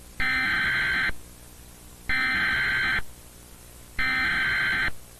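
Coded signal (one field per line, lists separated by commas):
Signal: Emergency Alert System (SAME) tones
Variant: header bursts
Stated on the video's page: Mock EAS local area emergency with valid SAME tones.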